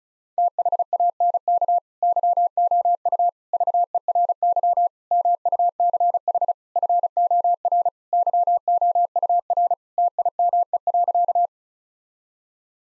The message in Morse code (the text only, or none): THANK YOU VERY MUCH FOR YOUR TIME.